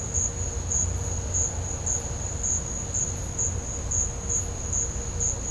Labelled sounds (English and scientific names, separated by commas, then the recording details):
none
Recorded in pastures near Puerto Asís, Putumayo, Colombia, on 18 December 2024 at 12:30
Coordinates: 0.502, -76.324
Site G077